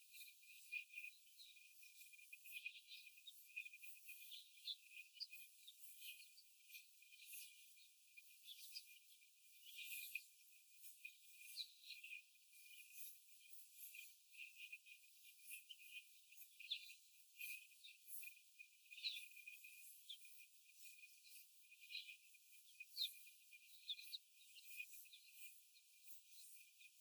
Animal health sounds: young laying hens in a cage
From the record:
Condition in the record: before the stressor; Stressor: simulated dog barking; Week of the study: 4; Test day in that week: 1

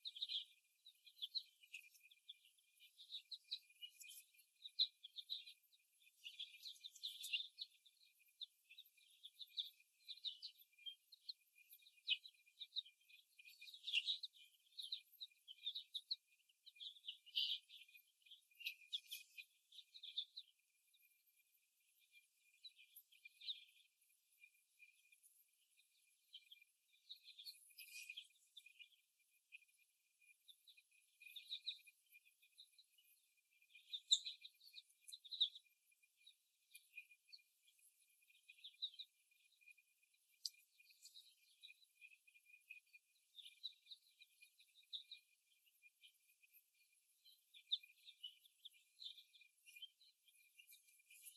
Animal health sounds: young laying hens in a cage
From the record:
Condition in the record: after the stressor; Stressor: simulated dog barking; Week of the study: 1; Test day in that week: 1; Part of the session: 2

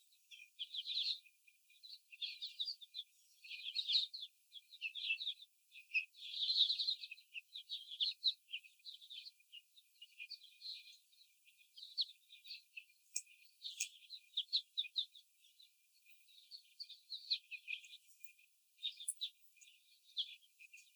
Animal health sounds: young laying hens in a cage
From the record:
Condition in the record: before the stressor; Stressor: simulated dog barking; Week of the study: 4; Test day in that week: 2

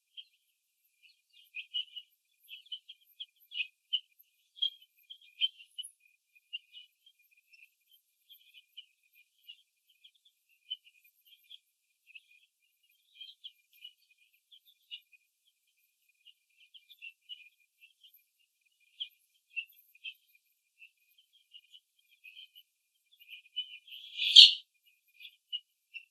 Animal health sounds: young laying hens in a cage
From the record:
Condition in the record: before the stressor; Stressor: simulated dog barking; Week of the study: 2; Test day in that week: 3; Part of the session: 2

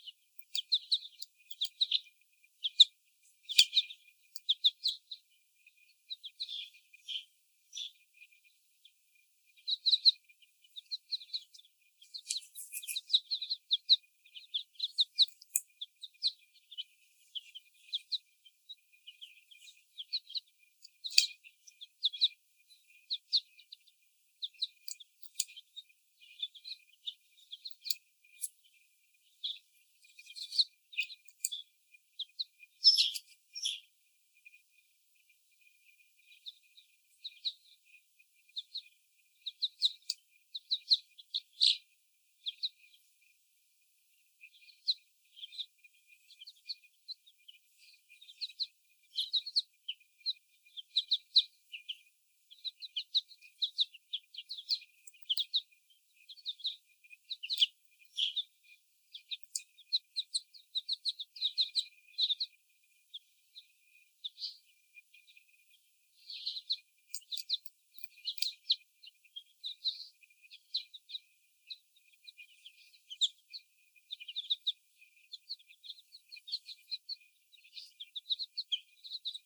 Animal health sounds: young laying hens in a cage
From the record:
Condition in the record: before the stressor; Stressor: sudden umbrella opening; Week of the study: 1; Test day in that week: 1

